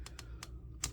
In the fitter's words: which is going to bring the head back and that's just going to snap into place right there